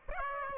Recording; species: mosquito wingbeat signal from an infrared sensor; Aedes aegypti